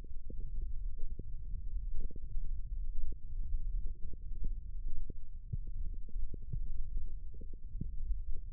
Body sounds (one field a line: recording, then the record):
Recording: forearm muscle sounds (acoustic myography)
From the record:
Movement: index flexion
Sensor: system 1, eight BSWA MPA416 microphones around the upper forearm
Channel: 6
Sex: female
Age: 21 years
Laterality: right